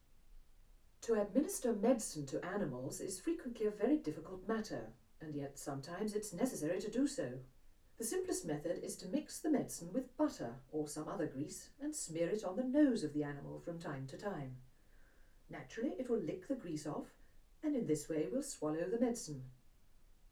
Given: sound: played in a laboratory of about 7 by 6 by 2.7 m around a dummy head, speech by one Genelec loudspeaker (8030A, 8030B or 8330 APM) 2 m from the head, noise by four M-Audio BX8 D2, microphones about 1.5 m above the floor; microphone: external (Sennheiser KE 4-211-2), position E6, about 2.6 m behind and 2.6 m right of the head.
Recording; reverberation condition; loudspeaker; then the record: female speech in English; low; 30 degrees to the left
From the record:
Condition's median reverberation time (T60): about 310 ms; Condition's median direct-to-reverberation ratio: about 3.5 dB